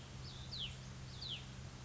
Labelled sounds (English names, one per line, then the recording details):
Hutton's Vireo
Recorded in Sonoma County, California